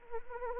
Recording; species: mosquito wingbeat signal from an infrared sensor; Anopheles arabiensis